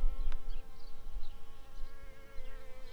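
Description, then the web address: Shrill carder bee buzzing: a steady, droning buzz rich in overtones that swells and fades in loudness throughout. Workers. "Sylvarum workers"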